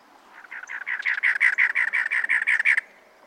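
Cactus wren song: a rapid, scratchy chugging series of many notes, rising in loudness before ending abruptly.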